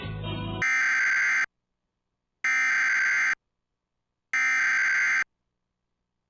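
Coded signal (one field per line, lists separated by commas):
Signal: Emergency Alert System (SAME) tones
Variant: header bursts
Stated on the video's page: Civil emergency message generated by a DASDEC encoder.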